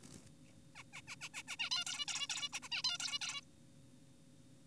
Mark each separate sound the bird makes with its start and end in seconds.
0.76-0.83, 0.93-1.01, 1.08-1.16, 1.21-1.29, 1.34-1.42, 1.48-1.56, 1.59-1.70, 1.71-1.84, 1.86-2.05, 2.08-2.28, 2.30-2.49, 2.53-2.60, 2.63-2.69, 2.72-2.82, 2.84-2.98, 3.00-3.19, 3.21-3.41